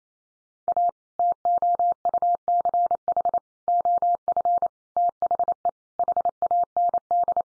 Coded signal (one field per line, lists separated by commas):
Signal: Morse code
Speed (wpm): 28 wpm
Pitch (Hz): 700 Hz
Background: none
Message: A TOUCH OF THE HAND